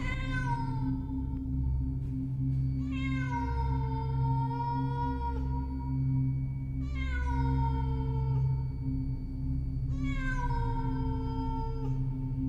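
A cat outside meows four times in long, drawn-out wails, each call bending downward in pitch, spaced a few seconds apart over a steady low hum.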